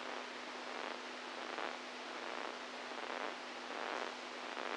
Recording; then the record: brain microelectrode recording played as sound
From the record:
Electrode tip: inside the subthalamic nucleus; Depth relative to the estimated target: 0 mm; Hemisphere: right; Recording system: NeuroSet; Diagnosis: Parkinson's disease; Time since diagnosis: 10 years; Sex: male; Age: 65 years